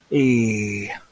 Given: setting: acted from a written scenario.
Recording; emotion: vocal sound without words; shame